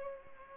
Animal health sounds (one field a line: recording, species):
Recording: mosquito wingbeat signal from an infrared sensor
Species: Culex pipiens